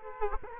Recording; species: mosquito wingbeat signal from an infrared sensor; Culex quinquefasciatus